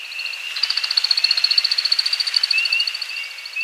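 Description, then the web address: American woodcock twittering display sound: a rapid, even series of high pulsing notes lasting a few seconds, over a steady high background drone. "Birdnote. American Woodcock Timberdoodle"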